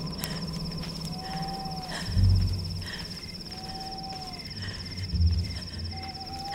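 Forest ambience as a woman with a suitcase walks through the woods: a steady, high-pitched insect drone, soft owl-like calls recurring every couple of seconds, and two low, muffled thumps; no one speaks.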